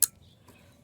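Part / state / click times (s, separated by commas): door mirror wiring plug into door harness connector / seated / 0.0 s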